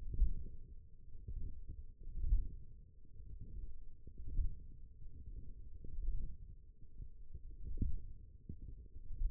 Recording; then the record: forearm muscle sounds (acoustic myography)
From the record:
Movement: hook grip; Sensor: system 1, eight BSWA MPA416 microphones around the upper forearm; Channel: 3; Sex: female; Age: 20 years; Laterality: right